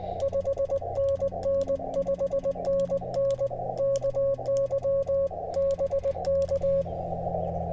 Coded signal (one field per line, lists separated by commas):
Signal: Morse code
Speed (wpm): 20 wpm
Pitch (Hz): 550 Hz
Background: none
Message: 5NN 5NN KY BK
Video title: Rolling with the punches: QRP CW POTA fun at US-3787 #qrp #cw #parksontheair #hamradio